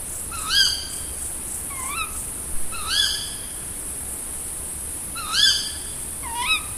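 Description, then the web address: Tawny owl giving sharp nasal calls repeated several times, some loud and some softer, over a faint steady hiss. "agykontroll Madardalok Cd 1. Macskabagoly"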